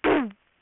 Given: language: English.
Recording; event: throat vibration sensor signal played as sound; throat clearing